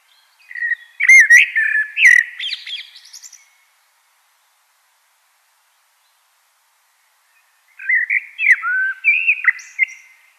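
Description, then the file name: Common blackbird giving two phrases of rich whistled warbling with scratchy high flourishes, separated by a quiet gap of about four seconds. "Turdus merula"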